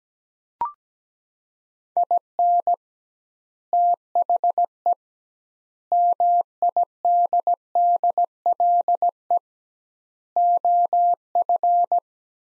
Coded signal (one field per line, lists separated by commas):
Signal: Morse code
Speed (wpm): 17 wpm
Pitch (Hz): 700 Hz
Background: none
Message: IN THE MIDDLE OF